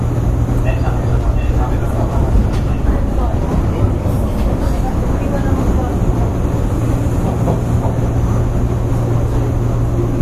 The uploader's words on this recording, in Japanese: 阪和線103系電車 鳳から天王寺まで。JR103系電車の走行音です。阪和線の普通列車にて収録しました。